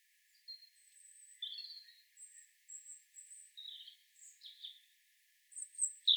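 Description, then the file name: European robin with scattered high, thin whistled notes and short warbles, spaced irregularly, some very high and piercing, over soft background hiss. "Erithacus rubecula"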